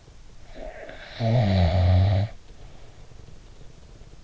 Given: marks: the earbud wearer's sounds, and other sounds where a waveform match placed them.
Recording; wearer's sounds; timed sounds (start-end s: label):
sounds in sleep by an in-ear microphone; snoring breath
0.52-3.92 s: snoring breath